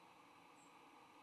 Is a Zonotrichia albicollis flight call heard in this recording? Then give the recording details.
no. Another species' flight call is heard. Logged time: 07:42 on 16 November 2014